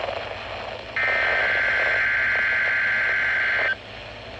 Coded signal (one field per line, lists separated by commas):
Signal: Emergency Alert System (SAME) tones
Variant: header bursts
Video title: EAS | Required Weekly Test from WXJ31 , Thomaston, Ga | 09/17/2025 | EAS #15